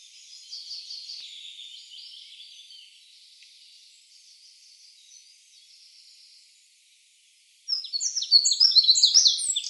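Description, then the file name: Eurasian wren song: faint high trills and twitters for several seconds, then a sudden loud burst of rapid sharp notes near the end. Recorded on 24 April 2013. "24 04 2013 Zaunkoenig"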